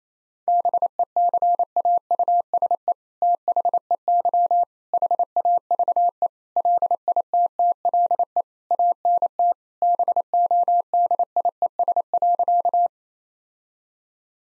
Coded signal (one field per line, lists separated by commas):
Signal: Morse code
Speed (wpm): 27 wpm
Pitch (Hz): 700 Hz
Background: none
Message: BECAUSE THEY HAVE LITTLE ANT BODIES.